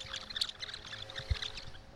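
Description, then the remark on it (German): Street traffic passing by at Innstraße 43 in Innsbruck, Austria, a steady hissing wash of noise like tyres on a road, with low rumbles and one brief thump partway through. No one speaks. “Ja, ihr hört, wir sind hier direkt in der Innenstraße 43 auf der Straße. Der Verkehr läuft vorbei.”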